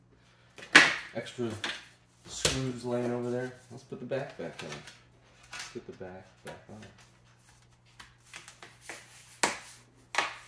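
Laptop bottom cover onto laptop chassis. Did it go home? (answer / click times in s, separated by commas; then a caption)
yes / 9.4 s. Someone talks while the aluminium bottom cover of a Dell XPS 13 9370 laptop is pressed back onto the laptop base after a battery swap. Several light knocks and taps are heard, and the cover snaps into place with a sharp click at 9.4 s. The cover is seated on the chassis.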